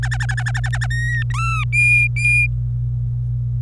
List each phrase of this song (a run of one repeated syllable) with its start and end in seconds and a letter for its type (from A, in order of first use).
0.03-0.87 A, 0.90-1.23 B, 1.30-1.64 C, 1.73-2.47 D